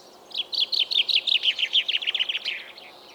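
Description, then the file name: Common chaffinch song, a single rapid series of sweet notes stepping gradually down in pitch and closing with a short flourish. "Fringilla coelebs"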